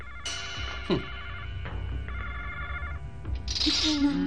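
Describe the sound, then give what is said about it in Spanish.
A telephone rings in two trilling, high-pitched bursts separated by a short pause, over a low background rumble, followed by a brief noisy hiss at the end; from the Spanish dub of the 1988 film Guerrero ninja americano. “¿Por qué no contestáis al teléfono, eh?”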